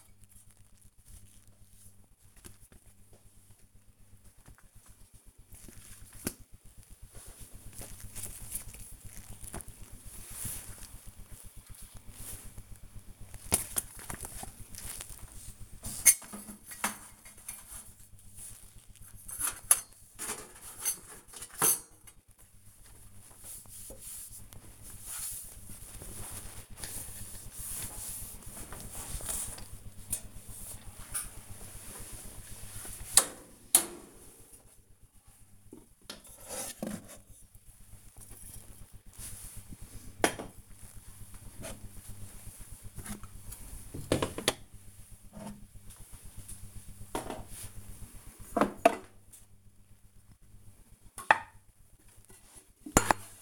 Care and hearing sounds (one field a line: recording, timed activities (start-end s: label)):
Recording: household activities, microphone on the right wrist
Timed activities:
0.00-37.30 s: cleaning the cupboard
42.34-53.42 s: cleaning the cupboard